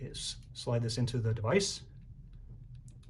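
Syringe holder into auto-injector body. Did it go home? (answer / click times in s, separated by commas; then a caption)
yes / 2.9 s. Someone talks while a prepared syringe in its holder is slid into an auto-injector body and pushed down. A small, sharp click at 2.9 s, followed by a fainter tick at 3.0 s, marks the syringe holder clipping in and seating in the device.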